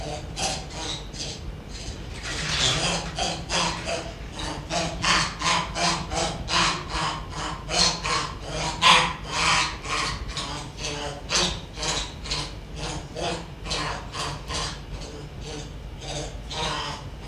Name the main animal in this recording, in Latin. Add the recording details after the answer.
Macaca mulatta. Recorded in captivity. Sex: pair. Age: adult. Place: Zoologisches Institut der HUB, Berlin, DE. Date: 1957-03-27 10:30. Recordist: Tembrock, Günter. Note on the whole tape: Weibchen (Frieda): Bettellaut, Drohlaut, Wutkreischen; Männchen (Pawel): Drohlaut, Grunzen, Bellen. Frieda wird gefüttert: Bettellaut. Pawel, der nichts erhält, droht und gerät in Wut. Obgleich Frieda Futter erhalten hatte, bricht sie in Wutkreischen aus. Abstand zum Mikrophon: 1 m